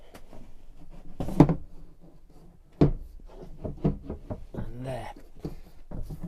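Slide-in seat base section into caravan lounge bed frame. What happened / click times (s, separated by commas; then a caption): A wooden base section is being handled and slid into position but has not yet locked home / none. A seat base section of a 2022 Adria Altea Avon caravan is handled and slid onto the lounge bed frame during bed make-up, with several knocks and thumps, the loudest around 1.4 s and 2.8 s, while someone talks. The section has not seated or locked into place yet.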